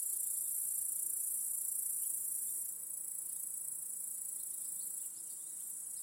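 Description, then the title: Crickets keep up a shrill, unbroken high trill that steps down in loudness twice. Chorus of crickets in a home backyard at night. "Crickets in Your Backyard. Discovering the Sounds of Home"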